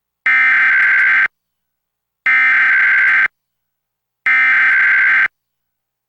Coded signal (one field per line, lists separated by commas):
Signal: Emergency Alert System (SAME) tones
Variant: header bursts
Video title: EAS #909-910: 2 EAS Required Monthly Tests- Feb. 7, 2024- 12:15AM PST